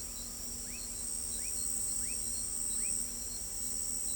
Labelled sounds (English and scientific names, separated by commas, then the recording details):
none
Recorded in pastures near Pivijay, Magdalena, Colombia, on 4 June 2023 at 03:30
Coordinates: 10.456, -74.369
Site P6-G026